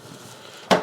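A 24-pin ATX power plug is pushed down into a motherboard socket, with quiet background noise until a single sharp click at 0.7 s. The connector is confirmed seated: after a second push and a pull test it holds firm.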